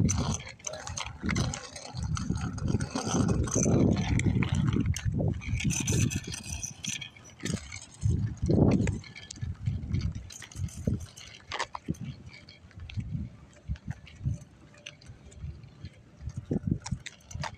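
Cars drive by and a bike rattles against the pavement, with dense low rumbling swells that peak strongest from about 2 to 9 seconds. Sharp clicks and clatters scatter throughout, and the sound thins out and grows quieter after 12 seconds.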